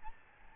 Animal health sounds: mosquito wingbeat signal from an infrared sensor; Aedes albopictus

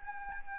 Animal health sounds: mosquito wingbeat signal from an infrared sensor; Anopheles gambiae

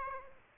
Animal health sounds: mosquito wingbeat signal from an infrared sensor; Aedes aegypti

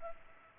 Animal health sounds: mosquito wingbeat signal from an infrared sensor; Culex pipiens

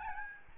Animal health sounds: mosquito wingbeat signal from an infrared sensor; Aedes albopictus

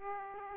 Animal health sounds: mosquito wingbeat signal from an infrared sensor; Aedes aegypti

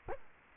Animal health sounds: mosquito wingbeat signal from an infrared sensor; Culex quinquefasciatus

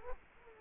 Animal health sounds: mosquito wingbeat signal from an infrared sensor; Culex quinquefasciatus

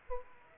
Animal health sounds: mosquito wingbeat signal from an infrared sensor; Aedes aegypti

